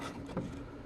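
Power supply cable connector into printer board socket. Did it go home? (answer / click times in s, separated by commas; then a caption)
no / none. A power supply cable connector for a Datacard 150i printer is handled at its printer board socket with the latch facing up, ready to be pushed in until it snaps. A steady low hum runs under soft handling noise, with a brief bump at about 0.4 s. Nothing has seated or clicked yet.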